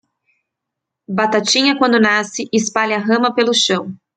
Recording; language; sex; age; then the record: short text; Brazilian Portuguese; female; 30 to 39 years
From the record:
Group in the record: control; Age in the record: 33 years